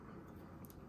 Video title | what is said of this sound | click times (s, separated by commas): SHEEYEE Kawaii Stainless Steel 1 Liter Water Bottle (Pink)— shared by Cadi | and it also locks right here you just flip this right here and hear the click until you know it's on | 0.7 s